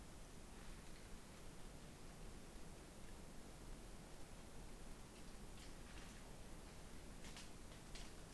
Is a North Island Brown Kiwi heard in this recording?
no